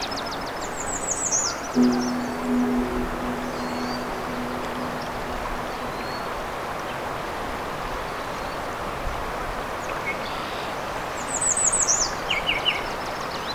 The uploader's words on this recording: After two hours along Crane River, the birdsongs are still very intense. We’ll continue to listen to the migrant warblers and other songbird species, one last listen to the birds of Johnston Harbour.